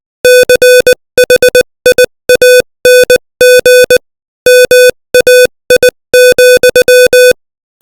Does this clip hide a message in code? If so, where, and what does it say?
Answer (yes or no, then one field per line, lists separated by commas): yes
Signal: Morse code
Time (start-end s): 0.2-7.3 s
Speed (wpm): 20 wpm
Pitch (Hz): 500 Hz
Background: music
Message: CHIANG MAI,